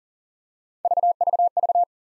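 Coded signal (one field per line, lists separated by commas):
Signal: none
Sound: video's transition beeps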